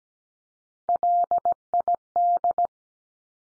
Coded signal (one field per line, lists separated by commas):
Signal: Morse code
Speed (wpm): 17 wpm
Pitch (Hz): 700 Hz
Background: none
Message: LID